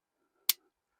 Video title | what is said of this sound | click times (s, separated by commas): Interior put rights and what I have been up to | so you hear that click she's at home | 0.5 s